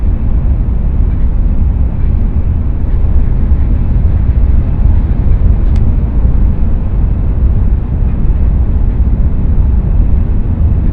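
A Tokaido Shinkansen Kodama train running from Hamamatsu toward Shizuoka gives a steady, dense, deep rumble that holds an even level throughout, with little above a muffled hiss. A single faint tick cuts through briefly near the middle.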